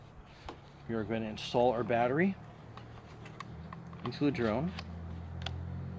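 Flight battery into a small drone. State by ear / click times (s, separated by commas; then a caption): seated / 5.5 s. Someone talks while a flight battery pack is pushed into the body of a small FERIETELF B12 GPS drone, with a few light ticks and handling taps along the way. A sharp click at 5.5 s marks the battery latching, seated in place.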